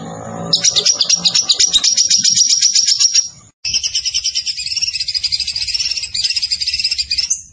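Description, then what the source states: Zebra finch song, dense rapid high trills and rattling notes, pausing briefly then continuing with fast buzzy repeated phrases. Tembakan bird singing vigorously (gacor); master recording for training cage birds.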